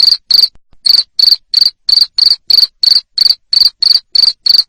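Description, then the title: Cricket chirps, loud and piercing, repeated steadily around three per second after a short break near the start. Loud cricket chirping used to stimulate lovebirds to sing continuously. "Suara JANGKRIK NGERIK Keras Bikin LOVEBIRD Jadi NGEKEK Terus Vubey"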